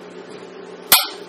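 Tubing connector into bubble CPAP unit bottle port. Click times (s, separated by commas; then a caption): 0.9 s. The bottle tubing connector of a Pumani bubble CPAP unit is pushed onto the unit's bottle port. Over a low, steady background hum, a single sharp snap sounds at 0.9 s and fades quickly. The connector is seated in place.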